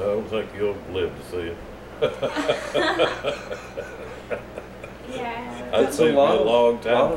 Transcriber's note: laughing